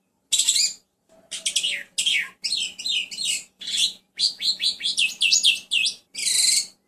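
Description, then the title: Mixed birds singing and chirping, a dense series of high, rapid trills and sharp sweeping notes in bursts, with one lower whistled note early on. "Burung Campur"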